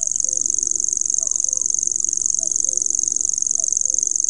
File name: grasshopper warbler omkicau